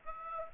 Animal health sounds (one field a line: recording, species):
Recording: mosquito wingbeat signal from an infrared sensor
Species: Aedes aegypti